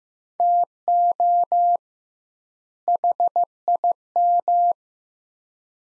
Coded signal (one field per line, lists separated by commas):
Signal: Morse code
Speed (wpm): 15 wpm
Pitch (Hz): 700 Hz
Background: none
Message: TO HIM